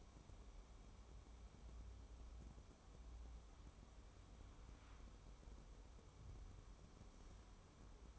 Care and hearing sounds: daily activity, microphone in the room; wipe stove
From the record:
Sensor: 1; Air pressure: 1015.1 hPa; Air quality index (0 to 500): 52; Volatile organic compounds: 1 ppm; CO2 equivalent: 662 ppm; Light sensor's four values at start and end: 14/32/13/15 and 14/32/13/15

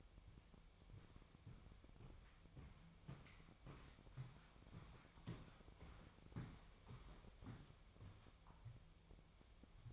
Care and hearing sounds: daily activity, microphone in the room; walk to room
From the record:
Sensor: 1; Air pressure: 999.5 hPa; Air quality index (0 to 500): 198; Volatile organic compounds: 40 ppm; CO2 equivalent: 3148 ppm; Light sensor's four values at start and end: 10/24/9/10 and 10/24/9/10

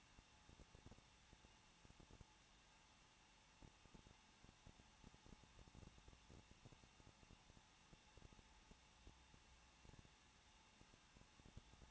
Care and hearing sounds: daily activity, microphone in the room; no activity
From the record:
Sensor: 1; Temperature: 20.1 degrees Celsius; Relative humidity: 39.1%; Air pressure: 1006.4 hPa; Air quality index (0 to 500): 216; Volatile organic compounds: 73 ppm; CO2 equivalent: 3543 ppm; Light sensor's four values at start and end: 1/2/1/1 and 1/2/1/1

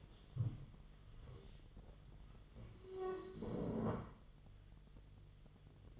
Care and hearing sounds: daily activity, microphone in the room; stand up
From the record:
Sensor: 4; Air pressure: 1006.2 hPa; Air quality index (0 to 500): 96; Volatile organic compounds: 2 ppm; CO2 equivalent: 1188 ppm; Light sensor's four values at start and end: 12/28/11/10 and 12/28/11/10

